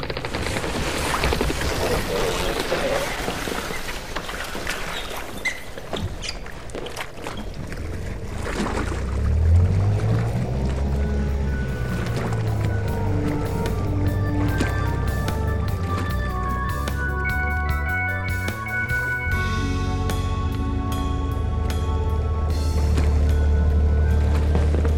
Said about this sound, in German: Okay, dann lass uns jetzt mit dem Motorboot zur Montana fahren.